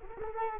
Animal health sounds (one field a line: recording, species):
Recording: mosquito wingbeat signal from an infrared sensor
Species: Culex quinquefasciatus